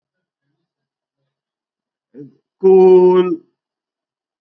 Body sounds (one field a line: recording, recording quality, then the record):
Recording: sustained vowel as in boot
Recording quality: excellent, no background noise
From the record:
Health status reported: recovered from COVID-19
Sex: male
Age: 18 years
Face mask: not worn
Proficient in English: yes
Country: India